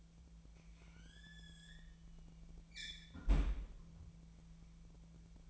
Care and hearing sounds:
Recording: daily activity, microphone in the room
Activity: close fridge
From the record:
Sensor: 1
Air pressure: 1009.7 hPa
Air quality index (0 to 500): 193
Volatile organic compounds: 19 ppm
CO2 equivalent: 2645 ppm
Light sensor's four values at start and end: 31/80/33/40 and 31/80/33/40

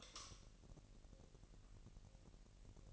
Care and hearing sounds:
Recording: daily activity, microphone in the room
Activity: light off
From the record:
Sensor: 4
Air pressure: 1002.7 hPa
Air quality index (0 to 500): 248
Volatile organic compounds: 17 ppm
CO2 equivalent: 2601 ppm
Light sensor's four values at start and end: 7/16/6/6 and 6/13/5/5

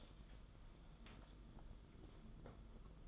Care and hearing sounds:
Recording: daily activity, microphone in the room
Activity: take from stove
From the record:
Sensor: 5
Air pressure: 994.5 hPa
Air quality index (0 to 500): 190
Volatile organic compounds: 1000 ppm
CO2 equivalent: 5576 ppm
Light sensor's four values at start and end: 43/131/52/56 and 44/135/53/58

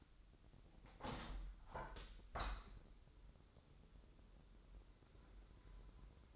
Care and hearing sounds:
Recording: daily activity, microphone in the room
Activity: open window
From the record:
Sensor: 3

